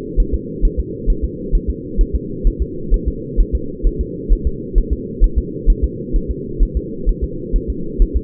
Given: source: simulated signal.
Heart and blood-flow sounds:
fetal heart sounds
0.20 s: S1
0.34 s: S2
0.65 s: S1
0.80 s: S2
1.10 s: S1
1.25 s: S2
1.55 s: S1
1.70 s: S2
2.01 s: S1
2.15 s: S2
2.47 s: S1
2.62 s: S2
2.94 s: S1
3.08 s: S2
3.40 s: S1
3.55 s: S2
3.87 s: S1
4.01 s: S2
4.33 s: S1
4.47 s: S2
4.78 s: S1
4.93 s: S2
5.24 s: S1
5.38 s: S2
5.70 s: S1
5.84 s: S2
6.16 s: S1
6.31 s: S2
6.63 s: S1
6.77 s: S2
7.09 s: S1
7.24 s: S2
7.56 s: S1
7.70 s: S2
8.02 s: S1
8.17 s: S2
From the record:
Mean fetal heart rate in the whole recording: 130 bpm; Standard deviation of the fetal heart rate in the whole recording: 2 bpm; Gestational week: 38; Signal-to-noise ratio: -4.3 dB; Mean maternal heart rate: 72 bpm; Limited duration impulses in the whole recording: absent

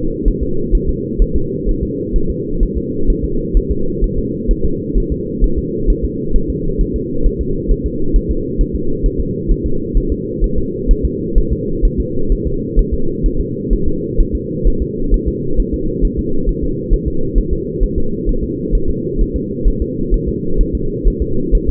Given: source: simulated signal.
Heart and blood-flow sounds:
fetal heart sounds
0.28 s: S1
0.43 s: S2
0.75 s: S1
0.89 s: S2
1.22 s: S1
1.36 s: S2
1.69 s: S1
1.83 s: S2
2.16 s: S1
2.30 s: S2
2.63 s: S1
2.77 s: S2
3.10 s: S1
3.24 s: S2
3.57 s: S1
3.71 s: S2
4.04 s: S1
4.18 s: S2
4.51 s: S1
4.65 s: S2
4.98 s: S1
5.12 s: S2
5.44 s: S1
5.59 s: S2
5.90 s: S1
6.05 s: S2
6.36 s: S1
6.50 s: S2
6.81 s: S1
6.96 s: S2
7.26 s: S1
7.41 s: S2
7.71 s: S1
7.86 s: S2
8.16 s: S1
8.31 s: S2
8.61 s: S1
8.75 s: S2
9.06 s: S1
9.20 s: S2
9.52 s: S1
9.66 s: S2
9.97 s: S1
10.12 s: S2
10.44 s: S1
10.58 s: S2
10.91 s: S1
11.05 s: S2
11.38 s: S1
11.53 s: S2
11.85 s: S1
12.00 s: S2
12.32 s: S1
12.47 s: S2
12.79 s: S1
12.94 s: S2
13.26 s: S1
13.40 s: S2
13.73 s: S1
13.88 s: S2
14.20 s: S1
14.35 s: S2
14.67 s: S1
14.82 s: S2
15.14 s: S1
15.28 s: S2
15.60 s: S1
15.74 s: S2
16.05 s: S1
16.19 s: S2
16.49 s: S1
16.64 s: S2
16.94 s: S1
17.08 s: S2
17.38 s: S1
17.53 s: S2
17.84 s: S1
17.98 s: S2
18.29 s: S1
18.44 s: S2
18.75 s: S1
18.90 s: S2
19.21 s: S1
19.36 s: S2
19.68 s: S1
19.82 s: S2
20.14 s: S1
20.29 s: S2
20.61 s: S1
20.75 s: S2
21.07 s: S1
21.22 s: S2
21.55 s: S1
21.69 s: S2
From the record:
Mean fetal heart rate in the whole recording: 130 bpm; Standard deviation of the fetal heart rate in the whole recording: 2 bpm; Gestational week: 38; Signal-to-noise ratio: -8.1 dB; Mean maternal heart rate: 72 bpm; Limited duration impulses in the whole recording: absent

